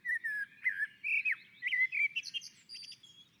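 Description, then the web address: Common blackbird song: several rich, low whistled notes in quick succession, ending in high, thin squeaks. On a roof. "sammel Naturinspelningar Koltrast på taket"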